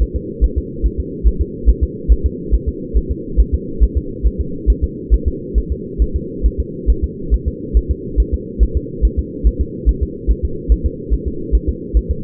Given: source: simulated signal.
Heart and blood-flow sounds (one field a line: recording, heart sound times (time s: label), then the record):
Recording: fetal heart sounds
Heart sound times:
0.02 s: S1
0.16 s: S2
0.44 s: S1
0.58 s: S2
0.86 s: S1
1.00 s: S2
1.27 s: S1
1.41 s: S2
1.69 s: S1
1.84 s: S2
2.12 s: S1
2.26 s: S2
2.55 s: S1
2.69 s: S2
2.97 s: S1
3.11 s: S2
3.40 s: S1
3.54 s: S2
3.83 s: S1
3.98 s: S2
4.27 s: S1
4.41 s: S2
4.70 s: S1
4.84 s: S2
5.14 s: S1
5.28 s: S2
5.58 s: S1
5.72 s: S2
6.02 s: S1
6.16 s: S2
6.46 s: S1
6.60 s: S2
6.90 s: S1
7.04 s: S2
7.34 s: S1
7.48 s: S2
7.77 s: S1
7.91 s: S2
8.20 s: S1
8.34 s: S2
8.63 s: S1
8.77 s: S2
9.05 s: S1
9.19 s: S2
9.47 s: S1
9.61 s: S2
9.89 s: S1
10.03 s: S2
10.31 s: S1
10.45 s: S2
10.72 s: S1
10.86 s: S2
11.14 s: S1
11.28 s: S2
11.55 s: S1
11.69 s: S2
11.97 s: S1
12.11 s: S2
From the record:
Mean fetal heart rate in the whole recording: 140 bpm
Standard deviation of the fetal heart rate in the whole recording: 2 bpm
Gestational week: 34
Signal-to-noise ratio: -4.3 dB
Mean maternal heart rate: 72 bpm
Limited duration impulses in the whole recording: absent